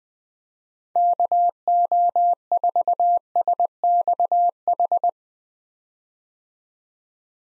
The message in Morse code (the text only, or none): KO4SXH